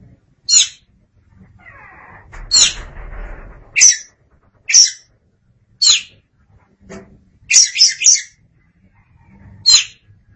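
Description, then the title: Oriental magpie-robin uttering sharp single high notes roughly once a second, a brief burst of chatter, and a short noisy rustle early on. "Suara Kicauan Burung Kacer Durasi Panjang"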